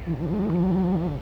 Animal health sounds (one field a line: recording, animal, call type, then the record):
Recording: contact call of a hoofed animal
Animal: goat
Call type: low-frequency (closed-mouth) or high-frequency (open-mouth) call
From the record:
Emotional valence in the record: negative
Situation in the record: short social isolation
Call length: 1.21 s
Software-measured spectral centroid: 990 Hz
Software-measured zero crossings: 470 a second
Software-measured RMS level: -24 dBFS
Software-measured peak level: -14 dBFS